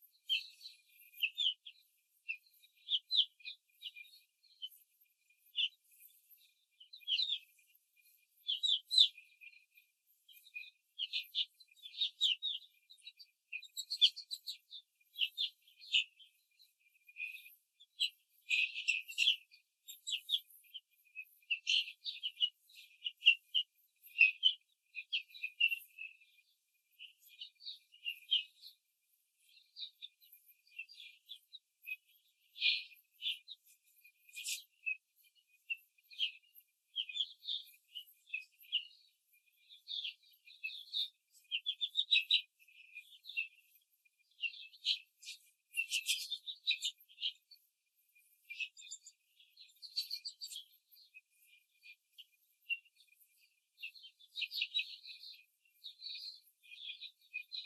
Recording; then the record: young laying hens in a cage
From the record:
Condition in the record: control cage, after the stress test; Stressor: none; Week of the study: 4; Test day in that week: 1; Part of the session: 3